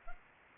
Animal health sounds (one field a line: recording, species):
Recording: mosquito wingbeat signal from an infrared sensor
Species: Culex pipiens